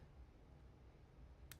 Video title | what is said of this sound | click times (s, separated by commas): Refining the Gondola Cars | That'll prevent it from releasing prematurely with this little click. | 1.5 s